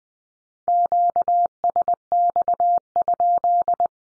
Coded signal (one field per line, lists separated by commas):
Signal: Morse code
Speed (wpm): 20 wpm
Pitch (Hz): 700 Hz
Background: none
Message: QSX?